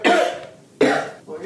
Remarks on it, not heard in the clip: After 10 days had passed and I was still in bed. You can hear me coughing out there. I'm doing so much better, though.